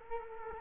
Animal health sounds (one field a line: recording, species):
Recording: mosquito wingbeat signal from an infrared sensor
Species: Culex quinquefasciatus